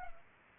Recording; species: mosquito wingbeat signal from an infrared sensor; Culex pipiens